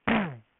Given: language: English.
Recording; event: throat vibration sensor signal played as sound; throat clearing